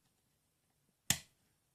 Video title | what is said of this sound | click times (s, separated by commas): -=353=- Beginners Guide To Lock Picking + Giveaway | that was six can you get it up click there that was four | 1.1 s